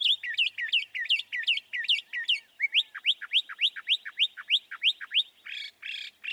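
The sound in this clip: Northern mockingbird song: one sweeping chirp phrase repeated rapidly, then a new rising note series, then coarse buzzy notes. Three distinct phrase types in quick succession.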